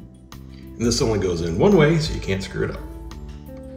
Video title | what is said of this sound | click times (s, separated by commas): Weilianda Astronaut Series Home Theater Leather Zero Gravity Recliner Seat Overview | push down and they snap right in super easy | 0.3 s